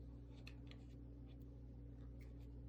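An earphone jack module is handled against the bezel housing of a Galaxy S10e smartphone frame, with faint clicks at about 0.5 and 0.7 seconds over a steady low hum. Nothing has seated or clicked into place yet; the module is still not home when the clip ends.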